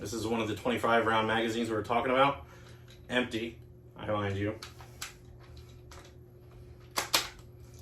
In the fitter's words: Pops right in